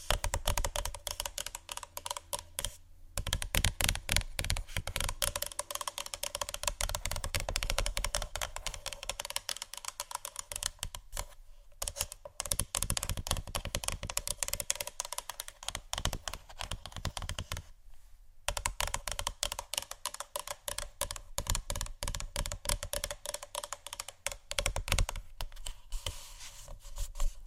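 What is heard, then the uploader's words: Fast fingertip tapping on wood, books, metal and other surfaces, a dense stream of crisp clicks that sounds almost like rapid typing. The taps run nearly nonstop, with brief pauses around 3, 11 and 18 seconds, and a low steady hum underneath. ASMR Fast Tapping ( Wood, Book, Metal, Etc. ) No Talking.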